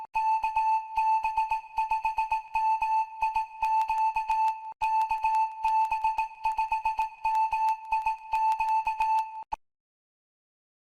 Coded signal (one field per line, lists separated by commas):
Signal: Morse code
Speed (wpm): 19 wpm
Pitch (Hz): 880 Hz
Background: music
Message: KB5MIQ KB5MIQ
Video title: 900 Subs Giveaway! Social media ? Antenna types and power supply#hamradio #hfradio #10meters